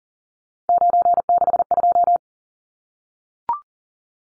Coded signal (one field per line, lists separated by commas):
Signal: Morse code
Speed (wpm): 40 wpm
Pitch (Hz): 700 Hz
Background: none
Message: 962